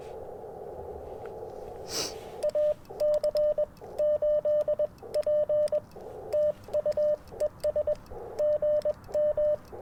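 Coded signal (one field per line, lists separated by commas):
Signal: Morse code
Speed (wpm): 21 wpm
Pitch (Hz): 600 Hz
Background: radio noise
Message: AC8P TUES GM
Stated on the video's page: QRP CW Parks on the Air activation on 40 m and 30 m, using an Icom IC-705, magnetic loop antenna and paddles.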